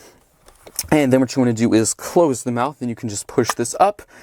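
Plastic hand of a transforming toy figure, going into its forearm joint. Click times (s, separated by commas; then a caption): 0.5 s, 0.7 s. The second plastic hand of a Transformers Shattered Glass Leader Class Grimlock transforming dinosaur/robot toy figure is pulled out of its forearm joint during reverse transformation until it locks. Two sharp, short clicks at 0.5 s and 0.7 s show the hand seating into place. Someone then talks.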